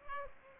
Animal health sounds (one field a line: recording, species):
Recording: mosquito wingbeat signal from an infrared sensor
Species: Aedes aegypti